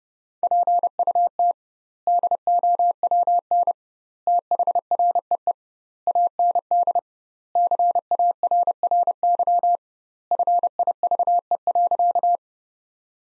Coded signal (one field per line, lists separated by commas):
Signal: Morse code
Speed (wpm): 30 wpm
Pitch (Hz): 700 Hz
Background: none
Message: PUT DOWN THREE AND CARRY FIVE.